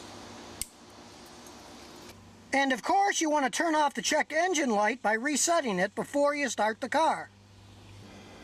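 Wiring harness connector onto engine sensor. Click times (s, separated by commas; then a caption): 0.6 s. A plastic electrical connector on a wiring harness, with contact grease applied, is pushed back onto an engine sensor and seats with one sharp, short click at 0.6 s. Someone then talks.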